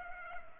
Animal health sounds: mosquito wingbeat signal from an infrared sensor; Culex pipiens

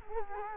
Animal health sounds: mosquito wingbeat signal from an infrared sensor; Culex quinquefasciatus

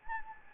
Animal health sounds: mosquito wingbeat signal from an infrared sensor; Anopheles gambiae

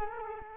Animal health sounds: mosquito wingbeat signal from an infrared sensor; Culex quinquefasciatus

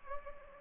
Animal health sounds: mosquito wingbeat signal from an infrared sensor; Anopheles gambiae

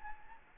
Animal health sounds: mosquito wingbeat signal from an infrared sensor; Anopheles gambiae

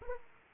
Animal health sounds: mosquito wingbeat signal from an infrared sensor; Aedes aegypti

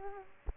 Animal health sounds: mosquito wingbeat signal from an infrared sensor; Aedes aegypti

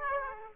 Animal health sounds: mosquito wingbeat signal from an infrared sensor; Aedes aegypti

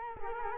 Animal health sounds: mosquito wingbeat signal from an infrared sensor; Culex quinquefasciatus

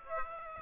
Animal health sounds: mosquito wingbeat signal from an infrared sensor; Aedes aegypti

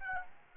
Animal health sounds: mosquito wingbeat signal from an infrared sensor; Aedes albopictus

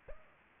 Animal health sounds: mosquito wingbeat signal from an infrared sensor; Culex pipiens

